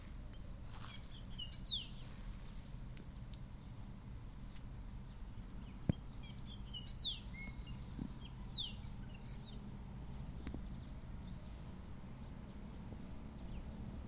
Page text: Asa-de-telha (Agelaioides badius) TORDO-MUSICO. Viviana Fuentes